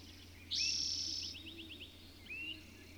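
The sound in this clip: Bird song opening with a high sustained buzzy note, then a quick series of short repeated chirps and a final rising whistle, against low steady hum.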